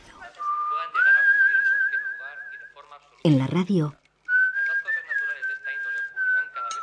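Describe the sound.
A human whistles a short jingle in long, steady, mid-high notes that rise slightly and hold, broken midway by a brief spoken phrase before the whistled tune resumes.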